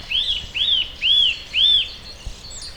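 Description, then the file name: Eurasian nuthatch giving four ringing, arched whistled notes in quick succession, roughly half a second apart, over light background hiss. "Sitta europaea"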